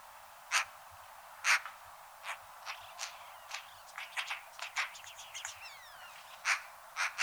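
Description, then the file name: Eurasian magpie giving harsh, dry chack notes, scattered irregularly, with a brief clustered burst midway and steady background hiss. "Pica pica"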